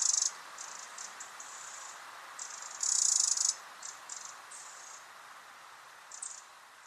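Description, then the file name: Eurasian wren giving dry, high-pitched ticking rattles, two loud bursts among several fainter ones, over a steady hiss. "Troglodytes troglodytes"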